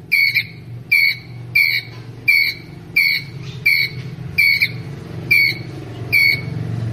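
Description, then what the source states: Ground squirrel chirping: brisk, shrill notes, about nine evenly spaced calls, against a soft low-pitched hum. Ground squirrel calling to its group.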